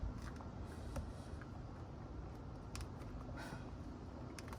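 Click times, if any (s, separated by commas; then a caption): none. A wiring harness connector is pushed onto a new window switch in the cramped door opening of a 2002-2006 Honda CR-V, over a steady low background rumble with a few faint, short handling ticks around 1.0, 2.8 and 4.4 seconds. The connector fails to seat, and nothing has clicked into place yet.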